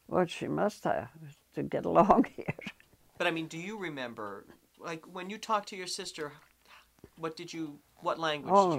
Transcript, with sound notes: Well, she must have, to get along here. [Laughs]
But I mean, do you remember? Like, when you talked to your sister, what did you — what language did you use?